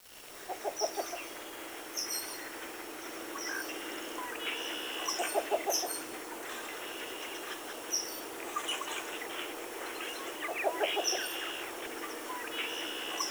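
Birds calling, bursts of rapid chattering chirps recurring every few seconds, mixed with brief high squeaky notes above a constant background hiss.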